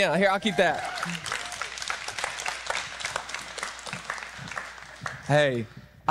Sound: applause